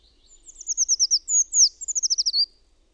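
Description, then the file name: Eurasian treecreeper singing twice in quick succession, each phrase a fine, high trill of notes falling in pitch and ending in a short twist. "PUUKIIPIJA"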